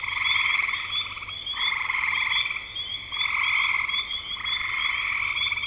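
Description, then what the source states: Frogs give pulsed trilling calls in bouts of about one to one and a half seconds, over a faint low hum. Frogs recorded in spring 2025.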